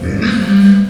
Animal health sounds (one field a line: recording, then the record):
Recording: squeal of a Yucatan mini pig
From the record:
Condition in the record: after surgery on the right vocal fold (resection and tissue-engineered implant)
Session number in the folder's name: 13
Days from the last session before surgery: 113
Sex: female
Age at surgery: 19 weeks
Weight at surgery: 25 kg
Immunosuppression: prednisolone